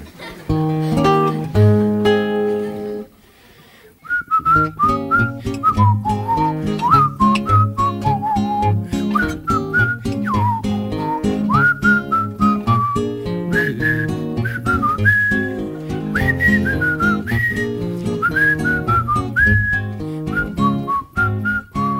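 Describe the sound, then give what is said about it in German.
A person whistles a wavering melody meant to imitate birdsong, trills and slides over rhythmic music, pausing briefly before carrying on in a lively, chirping line. “Also das sollte so ein Vogelgezwitscher sein, das Gepfeife da.”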